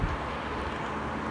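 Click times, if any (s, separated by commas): none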